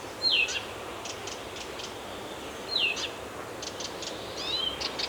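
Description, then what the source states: Bird song: a few sweet, high, downward-sliding whistles, with brief ticking notes between them, set against steady rushing background noise. Birds singing in a forest.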